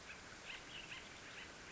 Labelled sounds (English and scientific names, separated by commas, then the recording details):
Acorn Woodpecker (Melanerpes formicivorus)
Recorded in Sonoma County, California